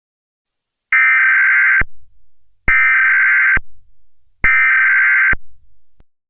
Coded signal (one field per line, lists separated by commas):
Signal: Emergency Alert System (SAME) tones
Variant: header bursts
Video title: The Backrooms EAS Scenario